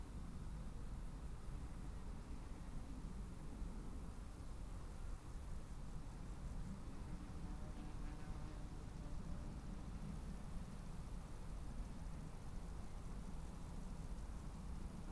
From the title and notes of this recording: Summer meadow woodland edge. We travelled into Hertfordshire (by train and on foot of course) to take this sound photograph from as near as possible to the Clinton Baker Pinetum one lunchtime last week.